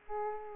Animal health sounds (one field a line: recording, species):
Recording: mosquito wingbeat signal from an infrared sensor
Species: Aedes aegypti